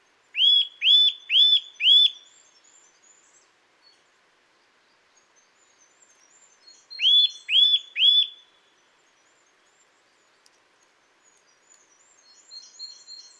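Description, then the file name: Eurasian nuthatch giving loud, clear whistled calls, a burst of four quick notes, then a pause, then three more, with faint high twittering between and near the end. "Sitta europaea"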